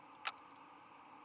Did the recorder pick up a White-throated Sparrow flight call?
no